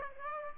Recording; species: mosquito wingbeat signal from an infrared sensor; Aedes aegypti